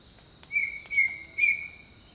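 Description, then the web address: Bird song: three sustained, level whistled notes in quick succession, set against a persistent high insect drone and a few sharp clicks. Jungle birdsong. "Echoes of Nature - Jungle Talk Jungle Birdsong"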